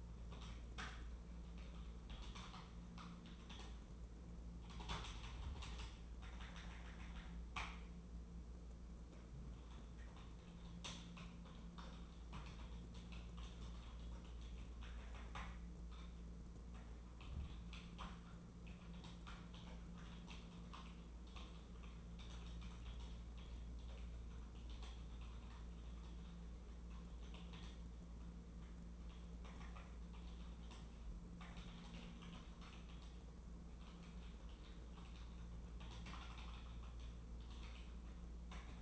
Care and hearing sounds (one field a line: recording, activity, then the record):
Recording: daily activity, microphone in the room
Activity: typing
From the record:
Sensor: 1